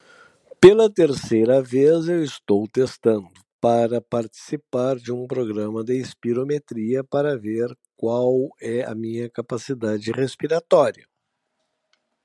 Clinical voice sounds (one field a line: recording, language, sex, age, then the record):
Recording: short text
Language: Brazilian Portuguese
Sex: male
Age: 60 to 69 years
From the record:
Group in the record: control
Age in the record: 63 years